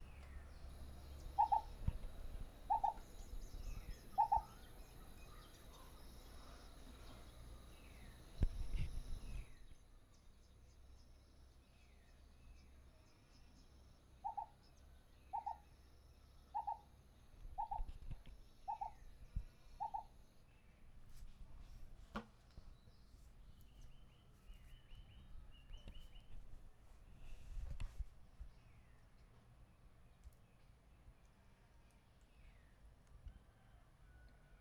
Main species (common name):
Black Coucal